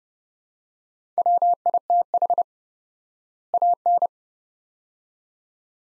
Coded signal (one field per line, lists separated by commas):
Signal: Morse code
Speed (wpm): 31 wpm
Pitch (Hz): 700 Hz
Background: none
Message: WITH AN